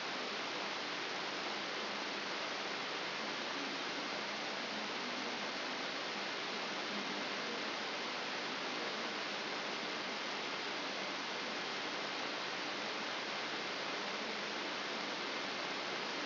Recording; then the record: brain microelectrode recording played as sound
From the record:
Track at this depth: inside the subthalamic nucleus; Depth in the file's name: 4.901 mm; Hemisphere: left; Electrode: 3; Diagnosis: Parkinson's disease